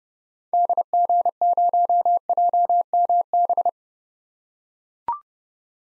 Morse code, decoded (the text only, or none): DG0JMB